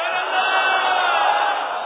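A crowd shouts a religious slogan in unison, a sustained, loud, dense roar of many voices that holds steady for about two seconds without a break.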